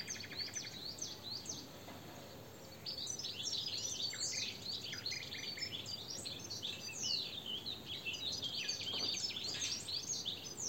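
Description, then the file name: European goldfinch twittering, a long stream of bright high chirps and short trills that thickens and grows louder after the first few seconds, with steady hiss behind. "Carduelis carduelis"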